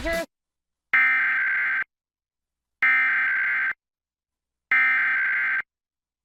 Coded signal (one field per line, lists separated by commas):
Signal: Emergency Alert System (SAME) tones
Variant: header bursts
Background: speech